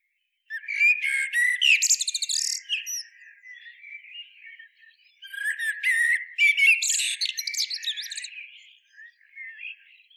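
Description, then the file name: Common blackbird giving two long loud phrases of squeaky, twittering notes and fast rattles, each fading into softer warbling, about five seconds apart. "Turdus merula"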